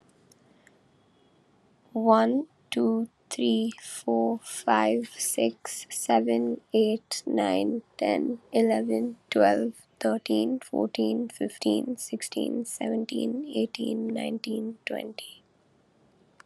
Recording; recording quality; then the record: counting at a normal pace; excellent, no background noise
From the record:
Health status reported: COVID-19 positive, mild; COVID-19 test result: positive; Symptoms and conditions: cough, cold, sore throat, fever, loss of smell and taste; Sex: female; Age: 20 years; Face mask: not worn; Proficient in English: yes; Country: India